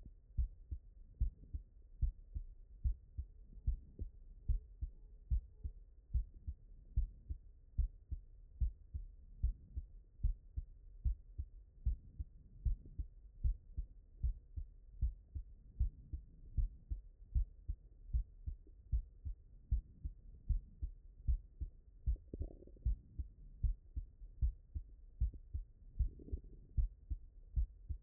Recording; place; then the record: heart sounds by stethoscope; mitral valve (MV)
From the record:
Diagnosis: non-HFrEF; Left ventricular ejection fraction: 43%